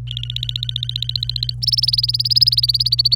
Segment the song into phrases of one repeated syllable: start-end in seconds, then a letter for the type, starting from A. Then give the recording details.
0.07-1.54 A, 1.62-3.15 B. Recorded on 26 April 2018 at 10:44. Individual llb3